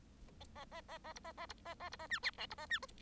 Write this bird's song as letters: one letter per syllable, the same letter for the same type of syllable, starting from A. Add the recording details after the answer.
A A A A B A A B A A B A C D E B A C. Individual Bird1